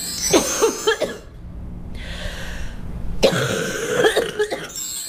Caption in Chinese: 肺热之痰 首先它是黏的、粘稠的，另外一个呢它往往是黄色的，咳的时候不太好咳出来， 咳的黏相对要就是费力一些。 有一种气道里粘稠感。对，它气道里有那种黏黏的痰，所以它咳出来可能有点痰鸣的声音。 像肺热之痰，口干口苦。 流的是黄鼻涕，流黄鼻涕，嗓子疼的。 病期也是一个多月。